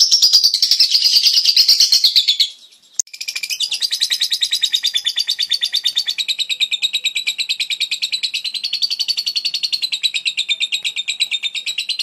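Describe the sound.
Lovebird chattering: loud, high-pitched twitters in quick succession, briefly stopping with a click around three seconds, then continuing in a steady, wavering stream.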